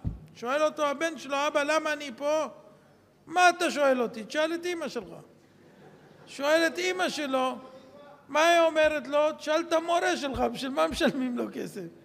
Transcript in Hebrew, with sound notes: שואל אותו הבן שלו: 'אבא, למה אני פה?' - 'מה אתה שואל אותי? תשאל את אמא שלך...' [צחוק בקהל] שואל את אמא שלו, מה היא אומרת לו? - 'תשאל את המורה שלך, בשביל מה משלמים לו כסף?'